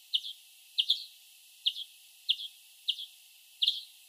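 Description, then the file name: European greenfinch giving sharp, high chip notes, some doubled, spaced at irregular intervals under one second apart, with soft hiss behind. "Chloris chloris"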